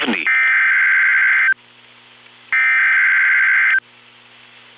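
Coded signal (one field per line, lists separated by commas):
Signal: Emergency Alert System (SAME) tones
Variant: header bursts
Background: speech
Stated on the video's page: Real NOAA Weather Radio alerts from Nashville, Tennessee, during a flood and tornado outbreak.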